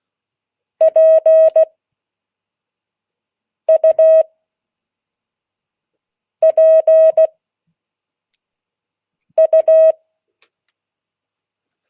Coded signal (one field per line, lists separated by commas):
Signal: Morse code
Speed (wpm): 16 wpm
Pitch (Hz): 630 Hz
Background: none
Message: PUPU